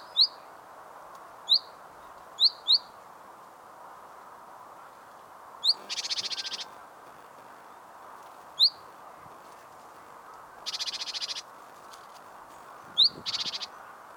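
Great tit calls: short sharp high notes given singly or in pairs, with several dry buzzy churring rattles in between, over steady low background hum.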